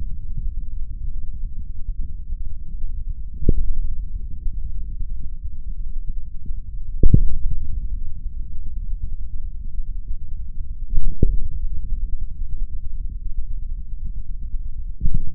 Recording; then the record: forearm muscle sounds (acoustic myography)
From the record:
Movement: hand opening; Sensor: system 3, bracelet of six PUI Audio POM-2738L microphones around the upper forearm, with dedicated amplification and filtering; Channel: 6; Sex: male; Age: 26 years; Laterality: right